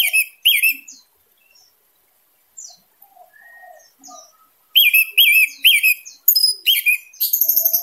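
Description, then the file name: Orange-headed thrush singing loud, repeated swooping whistled notes with ringing overtones, separated by quiet gaps and soft notes, ending in a fast, even series of high notes. Singing intensely; Indonesian title describes the bird's voice as anis merah teler gacor dor. "suara anis merah teler gacor dor"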